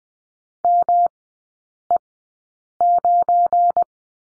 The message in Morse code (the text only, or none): ME9